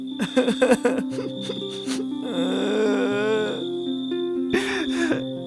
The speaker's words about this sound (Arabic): وظل يبكي حتى نام قبل تناول العشاء.